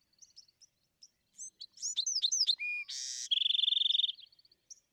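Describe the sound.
Bewick's wren song: a few soft opening notes, then a run of quick descending slurred whistles, a harsh buzzy burst and a fast ringing trill fading into softer trilled notes.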